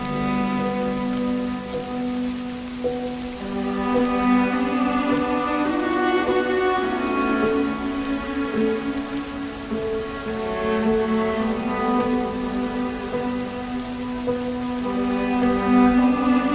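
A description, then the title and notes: Rain falls steadily on a farm, a soft, dense patter that never lets up. A strong, steady hum runs beneath it the whole time, its pitch wavering slightly around the middle. The overall level holds even, rising a little toward the end. Farm academia atmosphere with rain.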